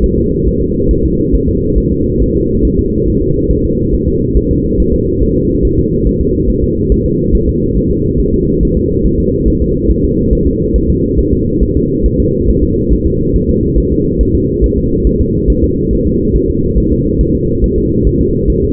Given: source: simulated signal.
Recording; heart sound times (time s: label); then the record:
fetal heart sounds
0.04 s: S1
0.18 s: S2
0.47 s: S1
0.62 s: S2
0.91 s: S1
1.05 s: S2
1.34 s: S1
1.49 s: S2
1.78 s: S1
1.92 s: S2
2.22 s: S1
2.36 s: S2
2.65 s: S1
2.79 s: S2
3.08 s: S1
3.22 s: S2
3.51 s: S1
3.65 s: S2
3.94 s: S1
4.08 s: S2
4.37 s: S1
4.51 s: S2
4.80 s: S1
4.94 s: S2
5.22 s: S1
5.37 s: S2
5.65 s: S1
5.79 s: S2
6.07 s: S1
6.21 s: S2
6.50 s: S1
6.64 s: S2
6.92 s: S1
7.06 s: S2
7.35 s: S1
7.49 s: S2
7.77 s: S1
7.92 s: S2
8.20 s: S1
8.34 s: S2
8.63 s: S1
8.77 s: S2
9.05 s: S1
9.20 s: S2
9.48 s: S1
9.62 s: S2
9.90 s: S1
10.05 s: S2
10.33 s: S1
10.47 s: S2
10.76 s: S1
10.90 s: S2
11.19 s: S1
11.33 s: S2
11.63 s: S1
11.77 s: S2
12.06 s: S1
12.20 s: S2
12.49 s: S1
12.64 s: S2
12.93 s: S1
13.07 s: S2
13.36 s: S1
13.50 s: S2
13.78 s: S1
13.92 s: S2
14.21 s: S1
14.35 s: S2
14.64 s: S1
14.78 s: S2
15.07 s: S1
15.21 s: S2
15.50 s: S1
15.64 s: S2
15.93 s: S1
16.07 s: S2
16.36 s: S1
16.50 s: S2
16.78 s: S1
16.92 s: S2
17.21 s: S1
17.35 s: S2
17.64 s: S1
17.78 s: S2
18.07 s: S1
18.21 s: S2
18.50 s: S1
18.64 s: S2
From the record:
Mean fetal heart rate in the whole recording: 140 bpm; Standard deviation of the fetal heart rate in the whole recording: 2 bpm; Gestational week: 34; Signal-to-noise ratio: -10.2 dB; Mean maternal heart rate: 72 bpm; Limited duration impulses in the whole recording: present